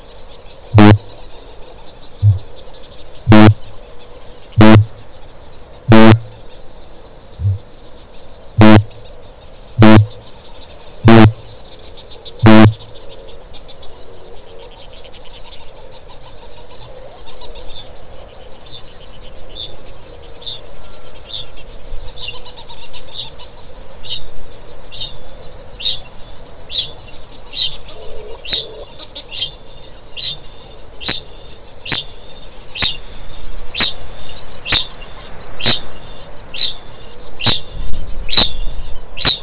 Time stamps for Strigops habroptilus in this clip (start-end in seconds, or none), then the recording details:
0.34-12.94, 17.48-39.43. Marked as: faintness 1/5, faintness 4/5, faintness 3/5. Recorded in New Zealand. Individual Stumpy